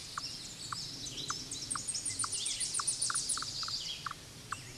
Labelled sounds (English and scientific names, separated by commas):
Tennessee Warbler (Leiothlypis peregrina) song